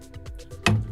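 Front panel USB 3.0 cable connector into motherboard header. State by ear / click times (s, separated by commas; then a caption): seated / 0.7 s. A keyed plastic front-panel USB 3.0 cable connector is pushed onto the motherboard header, with faint ticks around 0.1 s and 0.3 s. A sharp, loud snap at 0.7 s marks the connector seating in place.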